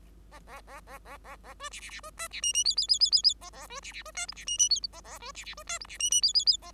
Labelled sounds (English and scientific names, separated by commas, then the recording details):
Bengalese Finch (Lonchura striata domestica) song
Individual Bird5